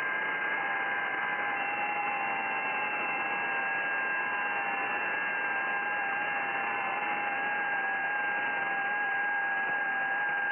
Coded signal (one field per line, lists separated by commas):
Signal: FT8